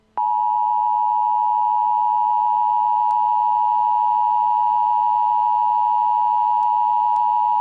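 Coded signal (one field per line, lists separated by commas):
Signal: Emergency Alert System (SAME) tones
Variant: 853 and 960 Hz attention tone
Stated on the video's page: Simulated Emergency Alert System dam break warnings for Kentucky, Arkansas and Missouri.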